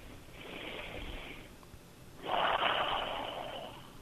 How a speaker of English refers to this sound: Who's breathing on the phone? Sir? Sir or ma'am, is anyone there?